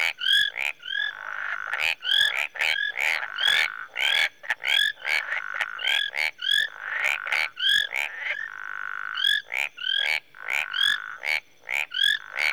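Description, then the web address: Tree frogs calling densely, pulsed clicking notes and bright rising whistles overlapping, with occasional drawn-out buzzy passages and a continuous faint high whine. Marsh tree frogs in Rwanda in the early evening. "Sound Effects Library (Africa- The Natural World) Rwanda- Marsh Tree Frogs, early evening"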